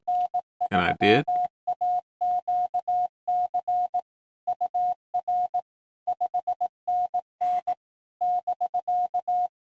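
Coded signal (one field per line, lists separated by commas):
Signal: Morse code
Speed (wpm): 18 wpm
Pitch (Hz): 720 Hz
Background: none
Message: N3AQC UR 5NN <BK>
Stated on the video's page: Simulated CW park activation practice.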